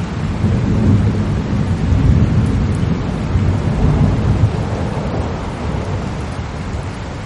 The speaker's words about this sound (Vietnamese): Trong bóng tối chỉ nghe thấy tiếng sấm kinh thiên động địa rền vang khắp núi Dã Nhân.